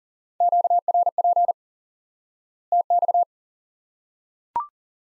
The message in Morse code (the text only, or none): QRP TX